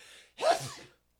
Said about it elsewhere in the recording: Had to sneeze. Oh, that sounded like COVID, because it was. And I got chill bumps from it, too. The sneeze is to let me know that aches and chills are coming.